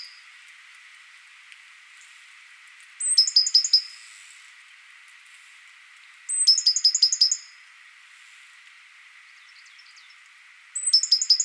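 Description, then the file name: Great tit calls: rapid clusters of high, sharp chirping notes, each about a second long, recurring every three to four seconds against light background hiss. "Parus major"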